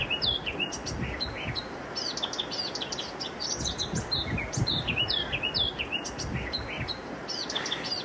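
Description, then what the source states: Eurasian Blackcap singing a lively, varied warble of quick high notes and short flourishes in repeated bursts, over a low background rumble. Blackcap singing in a bramble bush at the observer's home; the observer is amazed by the quality of its song.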